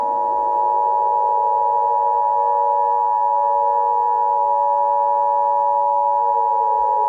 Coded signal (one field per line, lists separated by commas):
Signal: Emergency Alert System (SAME) tones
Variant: 853 and 960 Hz attention tone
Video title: EAS Scenario - The Evacuation Of Hawkins.(3-27-1986)